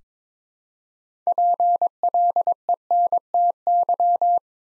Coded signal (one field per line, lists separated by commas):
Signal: Morse code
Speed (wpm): 21 wpm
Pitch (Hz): 700 Hz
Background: none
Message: PLENTY